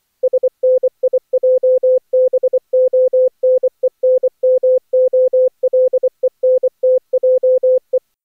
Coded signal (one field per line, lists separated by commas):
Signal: Morse code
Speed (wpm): 15 wpm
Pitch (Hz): 510 Hz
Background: music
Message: SNIJBONENMOLENTJE